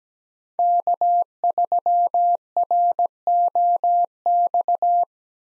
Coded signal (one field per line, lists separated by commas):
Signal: Morse code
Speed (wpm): 17 wpm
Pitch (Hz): 700 Hz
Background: none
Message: K3ROX